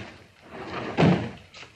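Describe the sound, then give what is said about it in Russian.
A young man pushes a sliding door shut: it rolls along with a low rumble, then its panels meet in one loud, heavy thud, followed by a faint knock as the sound dies away. “Вышедший последним молодой человек сдвигает створки двери.”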